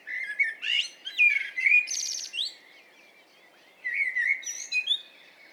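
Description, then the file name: Common blackbird singing a full fluty warble with a buzzy high twittered flourish, then after a pause a softer warbled phrase. "Turdus merula"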